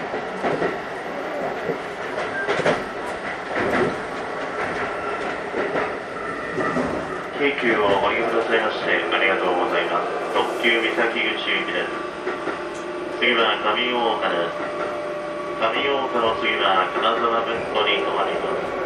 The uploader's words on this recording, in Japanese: 京急新1000形(アルミ車) 横浜〜三崎口。車体はアルミニウム合金製。VVVFインバータ制御装置は、1・2次車では2100形と同じくGTOサイリスタ素子によるドイツ・SIEMENS社製を採用、3～5次車では同じシーメンス社製であるが、使用素子はIGBTに変更され、純電気ブレーキも搭載。